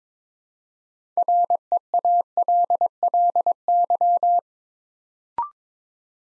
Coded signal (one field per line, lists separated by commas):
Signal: Morse code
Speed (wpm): 23 wpm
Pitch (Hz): 700 Hz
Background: none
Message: REALLY